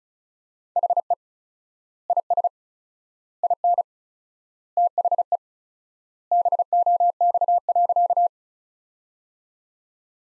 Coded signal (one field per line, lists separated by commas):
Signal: Morse code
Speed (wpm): 36 wpm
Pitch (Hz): 700 Hz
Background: none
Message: HE IS IN THE BOX.